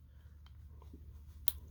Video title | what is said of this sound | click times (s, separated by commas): Quick & Easy – How To Use A Spring Bar Removal Tool | pull the spring back with the tool again, line it up, and then you'll feel it click in place. | 1.5 s